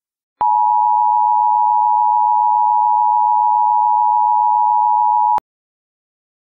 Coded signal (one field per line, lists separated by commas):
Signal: Emergency Alert System (SAME) tones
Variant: 853 and 960 Hz attention tone